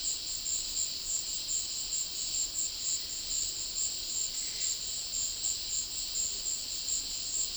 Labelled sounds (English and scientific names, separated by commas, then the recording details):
none
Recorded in dense forest near Puerto Asís, Putumayo, Colombia, on 21 February 2024 at 14:30
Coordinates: 0.500, -76.322
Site G6465